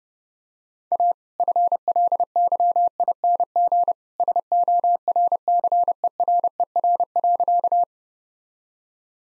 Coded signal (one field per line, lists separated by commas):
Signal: Morse code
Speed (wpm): 30 wpm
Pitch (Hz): 700 Hz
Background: none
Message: A FLYING SORCERER.